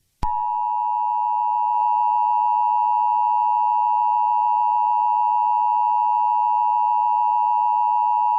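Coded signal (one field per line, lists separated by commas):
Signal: Emergency Alert System (SAME) tones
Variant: 853 and 960 Hz attention tone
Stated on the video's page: Fictional EAS scenario, simulated alert.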